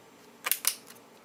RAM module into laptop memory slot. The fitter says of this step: you go two clicks one on the right one on the left there